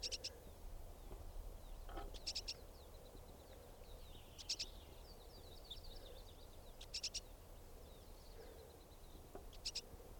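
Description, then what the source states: Pine Siskin calls, thin high buzzy notes in short bursts repeated several times, over low background noise throughout. Siskins hanging around a female.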